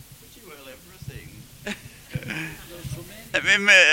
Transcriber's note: laughs